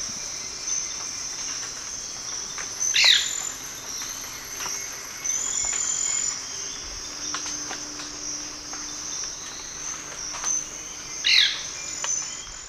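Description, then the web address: White-bearded manakin calls, two short buzzy downward-sweeping notes about eight seconds apart, over a steady high insect drone. Call, recorded in the eastern lowlands of South America. "S America Eastern Lowlands Manacus manacus, call"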